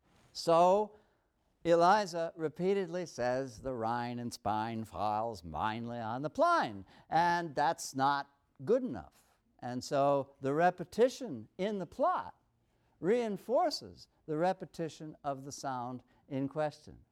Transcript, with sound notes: so Eliza repeatedly says, [with a cockney accent] “The rain in Spain falls mainly on the plain.” That’s not good enough, and so the repetition in the plot reinforces the repetition of the sound in question.